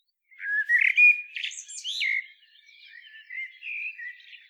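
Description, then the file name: Common blackbird singing a low, liquid fluted warble that breaks into high squeaky flourishes, followed by quieter rambling notes. "Turdus merula"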